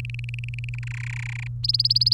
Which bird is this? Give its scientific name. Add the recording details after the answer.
Serinus canaria. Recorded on 23 April 2018 at 16:27. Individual llb3